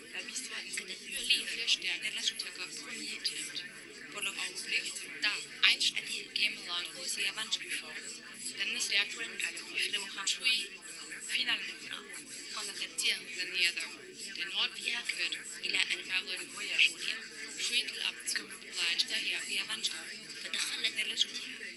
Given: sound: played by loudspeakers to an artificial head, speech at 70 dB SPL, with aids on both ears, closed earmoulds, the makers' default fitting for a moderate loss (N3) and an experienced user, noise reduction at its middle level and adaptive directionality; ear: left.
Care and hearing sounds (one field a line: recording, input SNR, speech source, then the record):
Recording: speech test signal (ISTS) in cocktail-party noise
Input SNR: -6 dB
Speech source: in front (0 degrees)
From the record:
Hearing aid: class 2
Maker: H